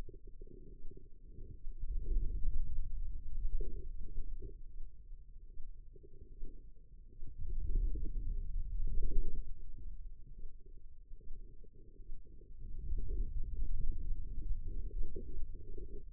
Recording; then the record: forearm muscle sounds (acoustic myography)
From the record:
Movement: hand opening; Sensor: system 2, bracelet of six BSWA MPA416 microphones around the upper forearm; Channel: 3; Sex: female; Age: 25 years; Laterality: right